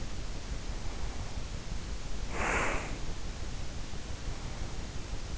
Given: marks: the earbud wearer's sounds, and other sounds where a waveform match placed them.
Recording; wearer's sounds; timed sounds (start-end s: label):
sounds in sleep by an in-ear microphone; breath
2.17-3.05 s: breath